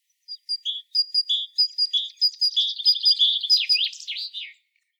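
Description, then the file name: Great tit giving paired high and lower notes that speed into a fast rattling series, ending in a few sweeping, slurred notes. "Parus major"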